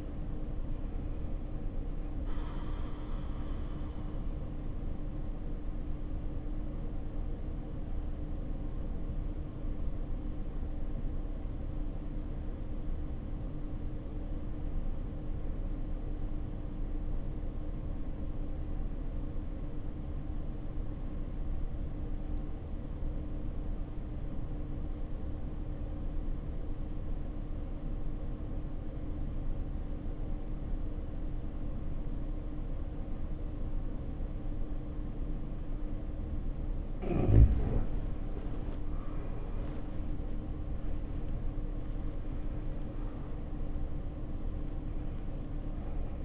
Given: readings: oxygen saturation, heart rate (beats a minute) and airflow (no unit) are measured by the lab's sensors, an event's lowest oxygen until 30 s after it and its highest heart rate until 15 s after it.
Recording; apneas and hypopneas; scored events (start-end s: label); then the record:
breathing in sleep by a smartphone at the bedside; 1
3.00-40.40 s: obstructive apnea (REM, oxygen 90% highest, then 69% lowest, heart rate 74 at the start, 85 highest)
From the record:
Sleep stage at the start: REM sleep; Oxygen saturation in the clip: 66 to 90%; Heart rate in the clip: 58 to 84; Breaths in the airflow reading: 3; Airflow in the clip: -8.7 to 10.9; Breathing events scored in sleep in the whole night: 520 in 7.2 hours asleep